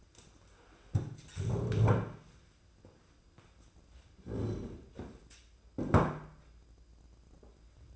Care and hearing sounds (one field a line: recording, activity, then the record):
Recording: daily activity, microphone in the room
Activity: stand up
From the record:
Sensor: 2